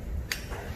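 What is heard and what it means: A white therapy/pads cable connector marked with a triangle is pushed all the way into the port of a Philips Efficia DFM100 defibrillator. A single sharp click is heard at 0.3 s over low background noise, and the connector is seated.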